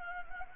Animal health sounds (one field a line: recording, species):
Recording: mosquito wingbeat signal from an infrared sensor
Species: Anopheles gambiae